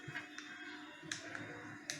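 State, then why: Seated. A mobile phone is placed into a handlebar-mounted phone holder on a Pulsar 200 DTSi bike and pressed in the centre so the plastic grip arms close. Several short taps and clicks are heard, with the holder locking onto the phone with a click at 1.9 s. The phone is seated and locked in the holder.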